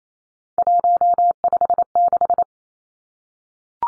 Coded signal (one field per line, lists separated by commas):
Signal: Morse code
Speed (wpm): 28 wpm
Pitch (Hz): 700 Hz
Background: none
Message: 156